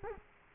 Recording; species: mosquito wingbeat signal from an infrared sensor; Culex quinquefasciatus